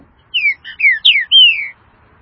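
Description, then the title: Green-winged saltator song: five rich whistled notes, most sliding downward, delivered in a quick phrase lasting about a second and a half. "Trinca Ferro"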